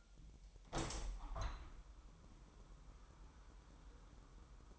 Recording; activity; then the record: daily activity, microphone in the room; open window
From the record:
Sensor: 1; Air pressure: 1000.4 hPa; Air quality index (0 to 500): 246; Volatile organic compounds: 137 ppm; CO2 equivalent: 3960 ppm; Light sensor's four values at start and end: 10/26/10/11 and 11/27/11/12